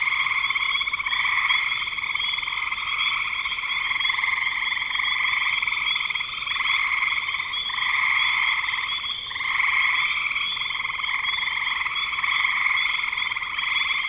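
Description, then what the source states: Frogs calling together in a continuous chorus of buzzy pulsed trills that rise and fall in loudness. Recorded in spring 2025.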